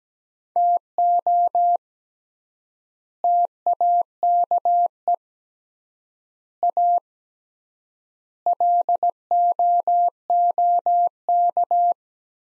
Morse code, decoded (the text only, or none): TO TAKE A LOOK